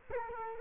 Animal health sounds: mosquito wingbeat signal from an infrared sensor; Culex quinquefasciatus

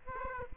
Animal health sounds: mosquito wingbeat signal from an infrared sensor; Aedes aegypti

